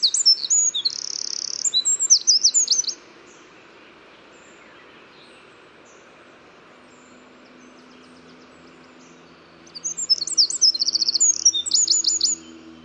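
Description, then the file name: Eurasian wren song: a burst of shrill notes and trills lasting about three seconds, a long quiet pause, then a second similar burst near the end. "Troglodytes troglodytes"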